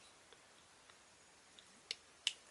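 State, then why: Seated. The top of a plastic wing backpack on a transforming toy robot figure is flipped down and pressed into the robot's back, with a few faint ticks early on. Two sharp clicks follow at 1.9 s and 2.3 s as the backpack locks in place.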